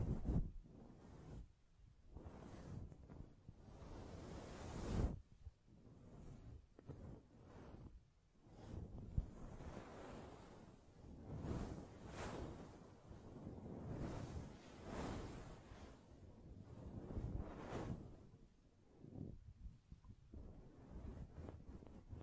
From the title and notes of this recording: ASMR Blue Yeti Mic Test Tapping, Scratching, Mic Brushing, Hand Sounds etc (No Talking).